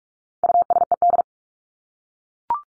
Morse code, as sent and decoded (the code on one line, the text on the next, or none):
..- ... . -..
USED